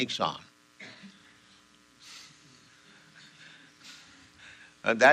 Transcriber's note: chuckles